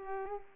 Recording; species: mosquito wingbeat signal from an infrared sensor; Culex pipiens